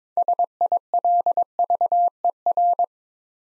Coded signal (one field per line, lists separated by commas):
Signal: Morse code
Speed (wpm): 22 wpm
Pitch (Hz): 700 Hz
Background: none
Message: SILVER